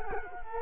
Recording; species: mosquito wingbeat signal from an infrared sensor; Culex quinquefasciatus